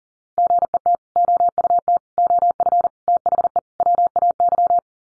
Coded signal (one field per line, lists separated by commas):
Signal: Morse code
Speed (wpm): 40 wpm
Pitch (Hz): 700 Hz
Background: none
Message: GET OUT OF THE WAY